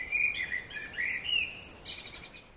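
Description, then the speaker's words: Common Blackbird song: clear whistled phrases sliding up and down, then a thin, higher twittering flourish at the end, over a quiet background. Black bird that sings remarkably well; city forest in Hannover, where it is the second most common bird. "Die Amsel. Hättest du gedacht, dass dieser schwarze Vogel so gut singen kann?"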